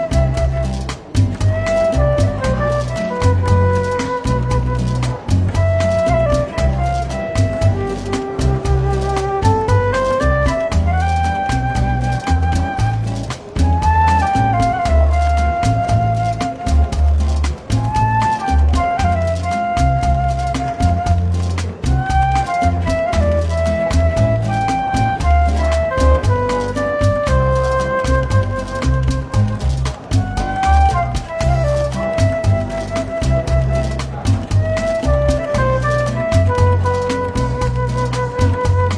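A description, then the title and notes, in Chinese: Soft, easygoing jazz plays in a bookshop café, a stepping bass line underneath and a gently weaving melody above it. Light ticking percussion runs throughout, keeping an even, unbroken pace. The level stays steady for the whole stretch, with faint background clatter. 伦敦书店咖啡馆轻微喧闹氛围与柔和轻松的爵士背景音乐。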